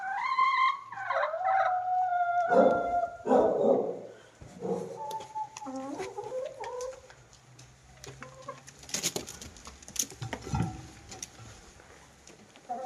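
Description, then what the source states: Chicken clucking: loud drawn notes at the start, then a string of softer, uneven clucks fading out, with clicks and knocks. Hens clucking while eating in the recordist's own henhouse.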